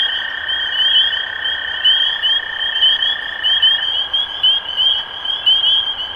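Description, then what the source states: Spring peeper chorus: bright, rising single-note peeps repeated quickly by many frogs, backed by a steady mid-pitched hum. Recorded 23 March 2012.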